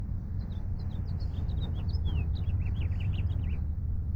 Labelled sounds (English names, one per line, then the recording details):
House Finch song
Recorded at Breezy Point on Long Island, New York, on 4 June 1975
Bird B